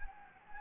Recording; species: mosquito wingbeat signal from an infrared sensor; Anopheles gambiae